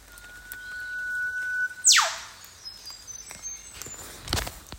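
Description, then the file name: Eastern whipbird gives a long steady whistle that ends in a sharp whipcrack sweeping steeply downward, followed by faint short notes, over hissing background noise and other birds. "Psophodes Olivaceus"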